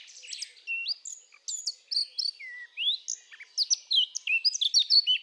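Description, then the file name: Eurasian blackcap delivering a continuous, varied warble of liquid whistles and sharp chips, some notes rising and falling in pitch. "Sylvia atricapilla"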